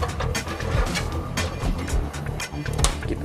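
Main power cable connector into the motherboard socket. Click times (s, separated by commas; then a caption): 2.8 s. The longest power cable plug, the main power connector, is pressed into its socket on the motherboard beside the processor, with handling and rustling noise throughout. A single sharp click at 2.8 s marks the connector seating in place.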